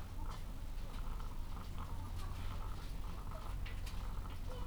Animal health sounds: poultry house recording; sick chickens (respiratory disease)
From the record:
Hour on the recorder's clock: 14

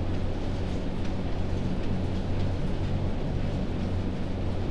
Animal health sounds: poultry house recording; no chicken sound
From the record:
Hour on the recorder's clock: 22

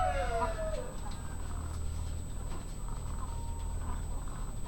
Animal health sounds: poultry house recording; sick chickens (respiratory disease)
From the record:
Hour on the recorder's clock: 0

